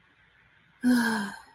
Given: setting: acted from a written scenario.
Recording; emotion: vocal sound without words; relief